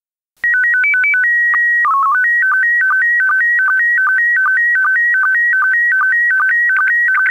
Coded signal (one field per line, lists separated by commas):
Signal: SSTV (slow-scan television)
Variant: PD 50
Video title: SSTV voorbeeld 6